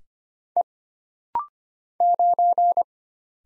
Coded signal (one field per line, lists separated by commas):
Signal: Morse code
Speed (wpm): 25 wpm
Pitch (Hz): 700 Hz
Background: none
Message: E 9